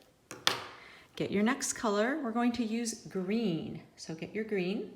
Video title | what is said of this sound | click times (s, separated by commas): Handwriting: Clever Cat c | okay close your marker listen for the click | 0.3 s, 0.5 s